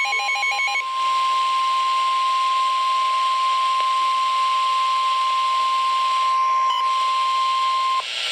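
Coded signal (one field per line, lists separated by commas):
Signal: Emergency Alert System (SAME) tones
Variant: 1050 Hz attention tone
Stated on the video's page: Severe thunderstorm warning on a weather radio station.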